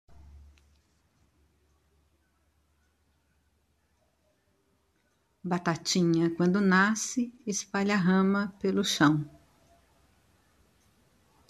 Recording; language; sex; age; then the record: short text; Brazilian Portuguese; female; 50 to 59 years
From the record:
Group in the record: control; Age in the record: 57 years